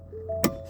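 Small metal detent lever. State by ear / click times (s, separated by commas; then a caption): released / 0.4 s. A screwdriver pushed down into the small slot of the park override on a 2021 Ford Explorer, used for towing, drives the mechanism past its detent. A single sharp click sounds at 0.4 seconds over low steady tones, and the transmission park override releases.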